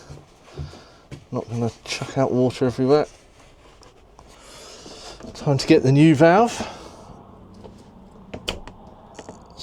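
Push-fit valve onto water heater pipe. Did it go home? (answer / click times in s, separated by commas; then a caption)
yes / 8.5 s. Someone talks as a new push-fit plastic plumbing valve is pressed onto a caravan water heater pipe, with a few faint handling knocks in between. A sharp click at 8.5 s marks the valve seating onto the pipe, followed by a couple of softer taps.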